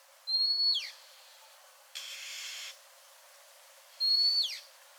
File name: suara asli kacer